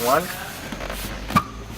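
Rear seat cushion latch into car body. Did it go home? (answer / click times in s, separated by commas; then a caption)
yes / 1.4 s. Someone talks while the second side of a BMW M3 rear seat cushion, refitted during a fuel pump hanger install, is pushed down into its latch on the car body. A short, sharp click at 1.4 s confirms that side has latched home and the seat is seated.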